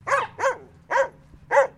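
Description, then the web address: Dalmatian barking four times, short harsh barks spaced about a third to two-thirds of a second apart, over a faint low hum. Female; barking at a distance. "Sound Effects-Foundation 1 ANIMAL DOG DALMATIAN FEMALE BARK DISTANT"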